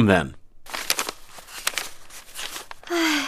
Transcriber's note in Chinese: Sighs